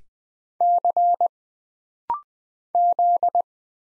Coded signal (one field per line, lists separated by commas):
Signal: Morse code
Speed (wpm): 20 wpm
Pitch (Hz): 700 Hz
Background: none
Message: C Z